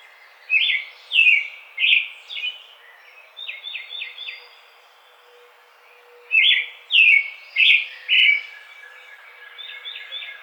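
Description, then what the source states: American robin singing two bursts of rich, caroling phrases, several loud notes in quick succession, then softer trailing notes, separated by a short pause. Recorded 4 May 2009.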